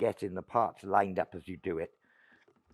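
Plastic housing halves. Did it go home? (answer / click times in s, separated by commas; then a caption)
no / none. Someone talks while lining up and pressing together by hand, without much force, the two plastic halves of the grass collection box for a Hyundai 20V MAX HY2193 cordless lawnmower. The talking stops at about 1.9 s, followed by faint low-level handling noise. Nothing has clicked or seated yet.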